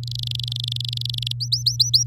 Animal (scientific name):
Serinus canaria